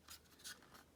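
A fragile plastic toy seat piece is pushed into its toy trap housing, with soft scraping and rubbing of plastic and brief bursts around 0.1 s and 0.75 s. The loudest burst comes at about 0.5 s. The piece has not seated or clicked into place yet.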